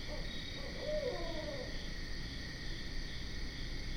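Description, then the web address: Barred owl giving a single short drawn hoot with a falling tail, over steadily buzzing insects. Recorded on 12 September 2010. "Barred Owl 2010 09 12"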